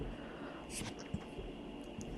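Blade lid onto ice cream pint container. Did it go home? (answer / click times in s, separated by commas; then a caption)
yes / 2.0 s. A plastic outer lid with a blade is twisted onto a plastic Ninja CREAMi ice cream pint container until it locks. Soft scraping and rustling come before a short, sharp click at 2.0 s, and the lid is seated.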